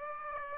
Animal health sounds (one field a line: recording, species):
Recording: mosquito wingbeat signal from an infrared sensor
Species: Aedes aegypti